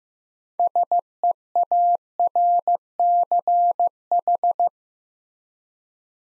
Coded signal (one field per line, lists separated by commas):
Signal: Morse code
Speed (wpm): 15 wpm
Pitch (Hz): 700 Hz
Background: none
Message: SEARCH